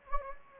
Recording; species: mosquito wingbeat signal from an infrared sensor; Anopheles gambiae